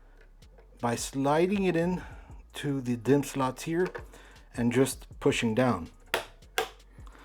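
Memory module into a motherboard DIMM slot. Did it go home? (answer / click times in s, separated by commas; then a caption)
yes / 6.1 s, 6.6 s. A DDR memory module is pushed down into a motherboard DIMM slot while someone talks. Two sharp clicks at 6.1 s and 6.6 s are the retention clips snapping shut, and the module is seated.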